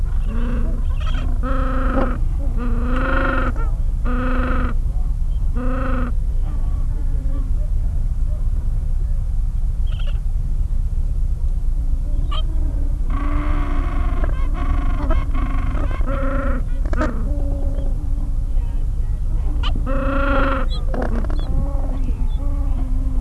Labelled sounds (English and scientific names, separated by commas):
Gentoo Penguin (Pygoscelis papua)